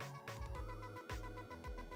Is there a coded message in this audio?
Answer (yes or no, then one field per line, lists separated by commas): no